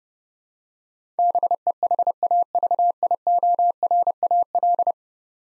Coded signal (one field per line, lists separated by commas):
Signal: Morse code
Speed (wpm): 32 wpm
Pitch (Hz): 700 Hz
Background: none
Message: BEHAVIORAL